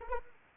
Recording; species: mosquito wingbeat signal from an infrared sensor; Anopheles arabiensis